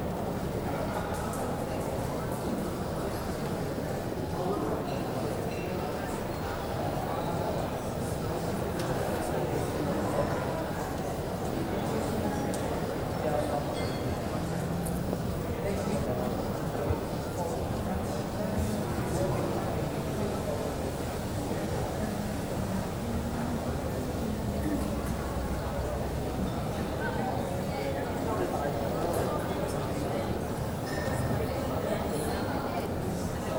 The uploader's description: Lobby of Regent Hotel, Hong Kong